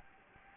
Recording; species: mosquito wingbeat signal from an infrared sensor; Anopheles gambiae